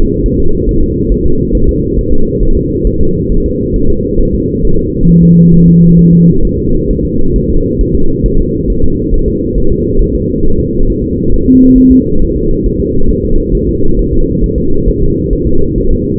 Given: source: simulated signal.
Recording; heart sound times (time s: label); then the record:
fetal heart sounds
0.26 s: S1
0.40 s: S2
0.69 s: S1
0.83 s: S2
1.12 s: S1
1.26 s: S2
1.55 s: S1
1.69 s: S2
1.98 s: S1
2.13 s: S2
2.43 s: S1
2.57 s: S2
2.87 s: S1
3.01 s: S2
3.32 s: S1
3.46 s: S2
3.76 s: S1
3.90 s: S2
4.20 s: S1
4.34 s: S2
4.65 s: S1
4.79 s: S2
5.09 s: S1
5.23 s: S2
5.54 s: S1
5.68 s: S2
5.99 s: S1
6.13 s: S2
6.45 s: S1
6.59 s: S2
6.91 s: S1
7.04 s: S2
7.36 s: S1
7.50 s: S2
7.81 s: S1
7.95 s: S2
8.26 s: S1
8.40 s: S2
8.70 s: S1
8.84 s: S2
9.14 s: S1
9.28 s: S2
9.58 s: S1
9.72 s: S2
10.01 s: S1
10.16 s: S2
10.45 s: S1
10.59 s: S2
10.90 s: S1
11.04 s: S2
11.34 s: S1
11.48 s: S2
11.78 s: S1
11.92 s: S2
12.22 s: S1
12.36 s: S2
12.66 s: S1
12.81 s: S2
13.10 s: S1
13.25 s: S2
13.55 s: S1
13.69 s: S2
13.99 s: S1
14.13 s: S2
14.44 s: S1
14.58 s: S2
14.88 s: S1
15.02 s: S2
15.33 s: S1
15.47 s: S2
15.78 s: S1
15.92 s: S2
From the record:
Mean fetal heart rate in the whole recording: 135 bpm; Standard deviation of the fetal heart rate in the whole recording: 3 bpm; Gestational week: 36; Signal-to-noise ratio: -19.1 dB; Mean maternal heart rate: 72 bpm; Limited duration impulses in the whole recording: present